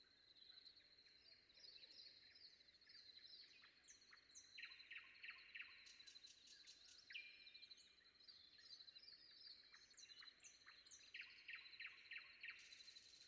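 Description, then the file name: Common nightingale singing varied phrases of clicks, rapid note series and whistles, over a steady high tone. Sung before dawn. "predawn nightingale"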